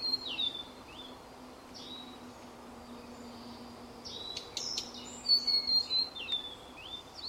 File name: ooruri f